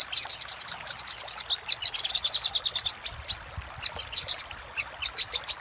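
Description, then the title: Little spiderhunter sings rhythmic high chips in quick runs, with short pauses between them. "Masteran Burung Sogok Ontong Labaik"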